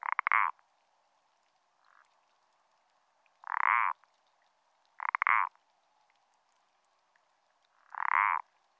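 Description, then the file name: Common parsley frog repeating short rasping croaks at irregular intervals, four loud calls and one faint one across the stretch, background otherwise quiet. "pelodyte-ponctué"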